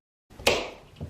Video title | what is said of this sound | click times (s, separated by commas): DIY Floating Shelves - SUPER Inexpensive | you heard that it snapped open | 0.5 s